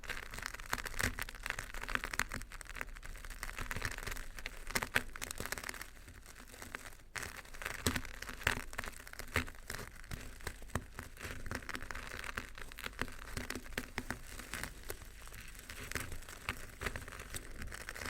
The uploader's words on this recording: Old-Time Riches Crunchy Stirring. NO TALKING.